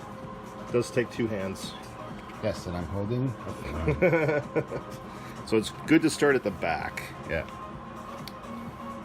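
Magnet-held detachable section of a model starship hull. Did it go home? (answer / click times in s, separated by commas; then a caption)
yes / 8.3 s. A detachable, magnet-held section of a large model starship hull is fitted with two hands, starting at the back, while someone talks and music plays. It snaps into place with a single sharp click at 8.3 s and is seated.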